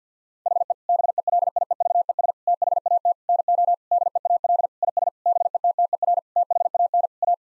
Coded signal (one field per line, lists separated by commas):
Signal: Morse code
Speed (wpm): 50 wpm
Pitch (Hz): 700 Hz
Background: none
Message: HE BELIEVES THAT NO DEAL IS BETTER THAN A